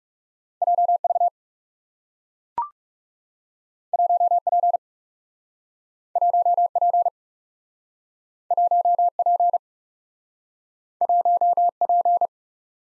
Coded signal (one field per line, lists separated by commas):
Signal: Morse code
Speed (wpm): 41 wpm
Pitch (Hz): 700 Hz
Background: none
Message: J V 1 P 1 P 1 P 1 P